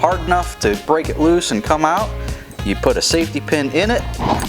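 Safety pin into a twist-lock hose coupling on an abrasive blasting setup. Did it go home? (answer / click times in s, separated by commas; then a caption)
no / none. A safety pin is being handled at a twist-lock blast hose coupling on an abrasive blasting setup, about to be pushed through so the coupling cannot twist loose. Someone talks over music throughout. Nothing has seated yet.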